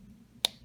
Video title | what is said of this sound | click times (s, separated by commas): HOUSE OF SILLAGE Unboxing - $295 Whispers of Truth Bow Lipstick Case (Limited Edition) | push it in until you hear a click there you go that's it | 0.4 s